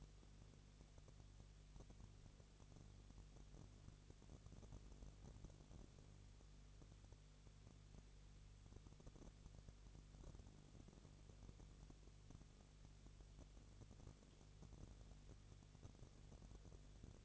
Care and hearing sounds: daily activity, microphone in the room; no activity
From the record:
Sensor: 4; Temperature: 22.3 degrees Celsius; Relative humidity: 32.8%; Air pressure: 1002.0 hPa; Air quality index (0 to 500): 185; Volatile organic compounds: 4 ppm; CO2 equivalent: 1635 ppm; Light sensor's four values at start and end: 2/3/1/1 and 2/3/1/1

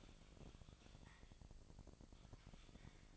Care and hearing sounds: daily activity, microphone in the room; typing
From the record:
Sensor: 5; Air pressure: 999.3 hPa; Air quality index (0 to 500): 229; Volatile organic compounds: 24 ppm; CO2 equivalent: 2798 ppm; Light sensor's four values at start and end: 34/79/31/30 and 34/79/31/30

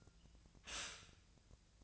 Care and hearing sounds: daily activity, microphone in the room; stop toaster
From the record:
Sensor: 2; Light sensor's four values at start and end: 18/45/19/20 and 20/49/21/22

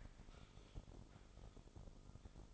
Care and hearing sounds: daily activity, microphone in the room; typing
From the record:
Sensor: 5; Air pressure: 988.8 hPa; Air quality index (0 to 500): 235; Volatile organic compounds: 193 ppm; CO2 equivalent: 4189 ppm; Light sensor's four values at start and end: 39/124/48/51 and 39/124/48/51

